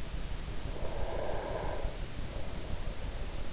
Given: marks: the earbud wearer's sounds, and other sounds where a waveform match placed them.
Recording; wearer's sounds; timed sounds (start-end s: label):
sounds in sleep by an in-ear microphone; breath
0.44-3.07 s: breath